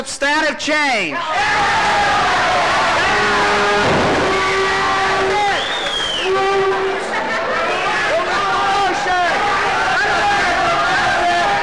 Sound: cheers